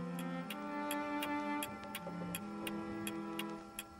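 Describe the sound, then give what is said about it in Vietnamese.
A clock ticks steadily near midnight, a crisp click roughly every third of a second, about eleven ticks in all, over a low sustained musical drone with no voices. “Cứ như vậy, kim đồng hồ nhích dần về gần 12 giờ đêm”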